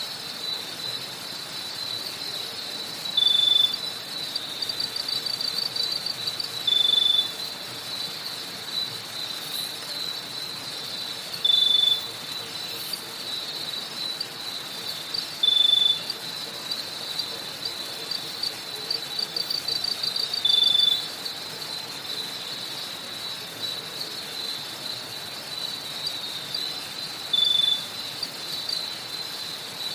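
Cicadas in a Bali rice paddy keep up a steady, high, shimmering drone throughout. Every four or five seconds a louder, piercing buzz flares up briefly, roughly six times, over a faint low hiss underneath.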